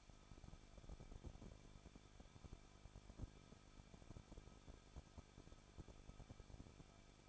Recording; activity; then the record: daily activity, microphone in the room; no activity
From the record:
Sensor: 5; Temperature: 20.8 degrees Celsius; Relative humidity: 38.4%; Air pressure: 1006.4 hPa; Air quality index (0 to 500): 189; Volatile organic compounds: 19 ppm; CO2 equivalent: 2668 ppm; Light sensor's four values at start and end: 2/3/1/1 and 2/3/1/1